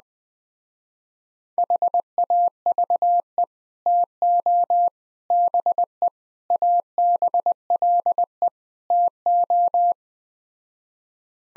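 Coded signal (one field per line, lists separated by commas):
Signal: Morse code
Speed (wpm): 20 wpm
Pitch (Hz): 700 Hz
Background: none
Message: HAVE TO BE ABLE TO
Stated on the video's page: Morse practice sets of five words at 17 wpm base speed, starting fast and slowing; fastest is 1.5 times slowest, final repeat at maximum speed.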